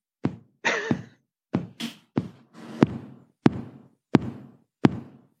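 Dull tapped knocks, a few uneven at first with some rustling, then settling into a steady beat of about 86 a minute. A tapped imitation of the normal heart's sinus rhythm: completely regular, with the impulse starting in the sinus node at the top of the heart.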